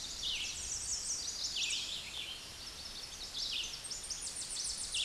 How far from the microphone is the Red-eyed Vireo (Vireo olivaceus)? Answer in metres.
about 25 m